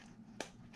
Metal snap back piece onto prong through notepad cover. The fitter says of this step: put it on, and you heard that snap,